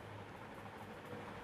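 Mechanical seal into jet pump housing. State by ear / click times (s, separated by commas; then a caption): not seated / none. A mechanical shaft seal for a Cello Well jet pump has been oiled and set in position in the pump housing, with a plastic mallet about to be picked up to tap it in. Only a steady low hum and broadband background noise are heard, with no impacts. Nothing has seated or clicked yet.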